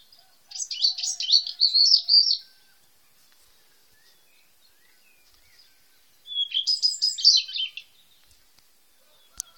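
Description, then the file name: Eurasian skylark song, two high, rapid, buzzy and chirping phrases of about two seconds each, separated by a long silent pause. "allodola"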